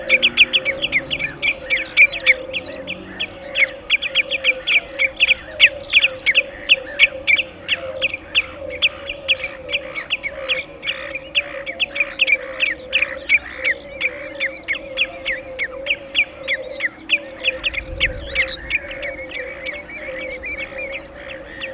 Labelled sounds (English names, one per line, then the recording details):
Common Redshank alarm call
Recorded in the wild
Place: Holdenlacke, AT
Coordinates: 47.7728, 16.9197
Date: 1972-05-07
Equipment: Uher Report 4200, AKG D190C in Doppel-Parabolreflektor
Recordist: Krey, Winfried